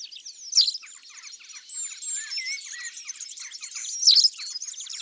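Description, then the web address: White wagtail, two loud sharp chirping calls roughly three and a half seconds apart, heard over a continuous chorus of twittering songbirds. "Bergeronnette grise. abc de la nature"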